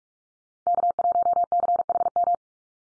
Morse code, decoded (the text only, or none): K1CHM